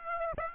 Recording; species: mosquito wingbeat signal from an infrared sensor; Aedes aegypti